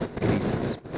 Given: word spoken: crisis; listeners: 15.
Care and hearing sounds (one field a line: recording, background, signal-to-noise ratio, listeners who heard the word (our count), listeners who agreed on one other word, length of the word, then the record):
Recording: one Spanish word in noise, from a listening test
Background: noise modulated by three-talker babble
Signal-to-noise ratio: -4.8 dB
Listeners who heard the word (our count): 1 of 15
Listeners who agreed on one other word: 7 of 15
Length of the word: 0.58 s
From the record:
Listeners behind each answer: 7, 2, 2, 1, 1, 1, 1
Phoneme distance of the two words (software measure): 20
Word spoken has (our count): 2 syllables, 6 phonemes, stress on syllable 1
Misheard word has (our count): 2 syllables, 6 phonemes, stress on syllable 1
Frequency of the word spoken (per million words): 162.29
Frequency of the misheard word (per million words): 5.10